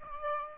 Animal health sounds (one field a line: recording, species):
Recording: mosquito wingbeat signal from an infrared sensor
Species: Aedes aegypti